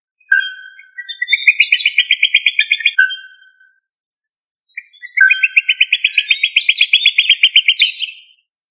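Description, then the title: Rail giving two rapid pulsed trills that begin with a low whistled note and rise into a fast, even rattle, with a short silence between them. "Familia Rallidae"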